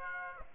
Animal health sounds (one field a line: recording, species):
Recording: mosquito wingbeat signal from an infrared sensor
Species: Aedes aegypti